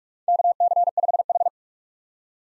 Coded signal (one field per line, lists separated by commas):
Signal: Morse code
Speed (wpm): 46 wpm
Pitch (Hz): 700 Hz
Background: none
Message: KC5H